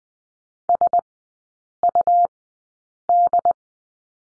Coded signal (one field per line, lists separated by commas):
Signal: Morse code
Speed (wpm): 20 wpm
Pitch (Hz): 700 Hz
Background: none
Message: SUD